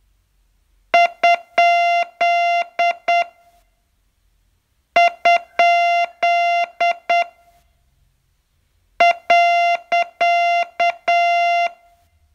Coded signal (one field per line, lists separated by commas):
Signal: Morse code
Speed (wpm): 8 wpm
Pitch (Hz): 690 Hz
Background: music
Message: ? ? .